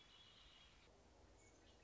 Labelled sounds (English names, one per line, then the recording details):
Red-winged Blackbird
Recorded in Sonoma County, California